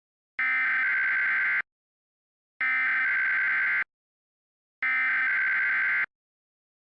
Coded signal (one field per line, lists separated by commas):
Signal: Emergency Alert System (SAME) tones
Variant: header bursts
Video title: EAS Scenario #1 - Supercyclone